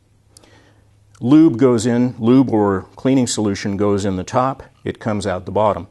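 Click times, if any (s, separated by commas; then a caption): 0.4 s. The hinged plastic lid of a Velocity chain maintenance tool, fitted around a motorcycle drive chain and held to the frame by a lanyard, is closed over the chamber and snaps shut with a sharp, short click at 0.4 s. From about 1.2 s, someone talks.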